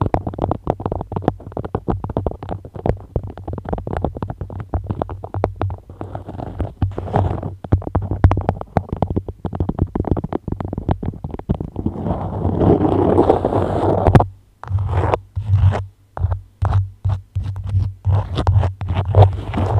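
Beeswax wrap crinkles and scratches in dense, rapid crackles over a low hum, then breaks into choppy bursts with brief silences after fourteen seconds.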